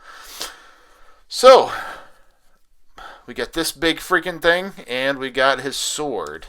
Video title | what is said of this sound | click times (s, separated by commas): Mattel Masters of the Universe Masterverse New Eternia Fisto Unboxing | Wait till you hear the snap. | 0.4 s